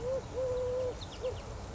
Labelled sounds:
Eurasian Collared Dove (Streptopelia decaocto)
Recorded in Sonoma County, California

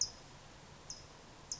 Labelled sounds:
California Towhee (Melozone crissalis)
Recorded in Sonoma County, California

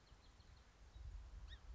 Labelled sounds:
Song Sparrow (Melospiza melodia)
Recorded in Sonoma County, California

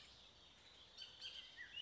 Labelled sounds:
Bullock's Oriole (Icterus bullockii)
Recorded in Sonoma County, California

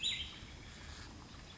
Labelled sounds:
Cassin's Vireo (Vireo cassinii)
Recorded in Sonoma County, California

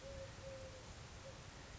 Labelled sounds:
Eurasian Collared Dove (Streptopelia decaocto)
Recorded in Sonoma County, California

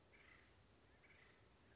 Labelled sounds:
Acorn Woodpecker (Melanerpes formicivorus)
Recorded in Sonoma County, California

